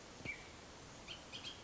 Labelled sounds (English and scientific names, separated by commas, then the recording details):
Bullock's Oriole (Icterus bullockii)
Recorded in Sonoma County, California